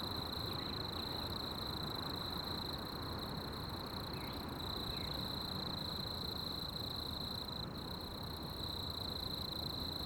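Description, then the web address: Cricket trilling in a continuous high tone that stops briefly now and then, set against a heavy constant drone of urban noise. In a city. "grilli in citta"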